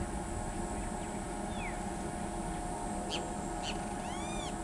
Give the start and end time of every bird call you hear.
1.48s-1.75s: Black-chested Jay (1.5-4.0 kHz)
3.10s-4.51s: Great Kiskadee (1.8-17.6 kHz)

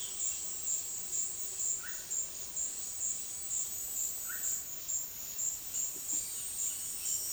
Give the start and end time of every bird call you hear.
1.74s-4.48s: Russet-backed Oropendola (0.7-2.7 kHz)
5.46s-7.33s: Roadside Hawk (2.3-4.9 kHz)

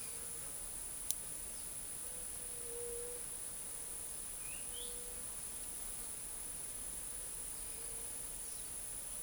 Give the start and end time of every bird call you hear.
2.58s-3.31s: White-tipped Dove (0.3-0.6 kHz)
4.30s-4.91s: Crested Bobwhite (2.3-4.0 kHz)

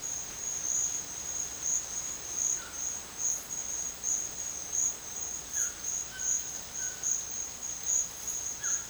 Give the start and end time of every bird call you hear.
2.47s-8.90s: White-throated Toucan (0.9-3.5 kHz)

